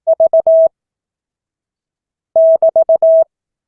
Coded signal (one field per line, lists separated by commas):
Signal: Morse code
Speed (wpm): 18 wpm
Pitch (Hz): 660 Hz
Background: none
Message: V <BT>